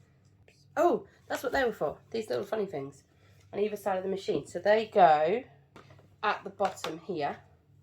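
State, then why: Not seated. Someone talks while handling the plastic hose clips for a Vax Spotwash carpet spot cleaner, lining them up with the mounts at the bottom of either side of the machine. Nothing has seated or clicked yet in this clip.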